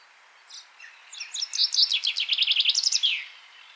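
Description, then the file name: Common chaffinch song: a few faint opening notes, then a quickening run of repeated descending high notes closing with a brief flourish; otherwise quiet. "Fringilla coelebs"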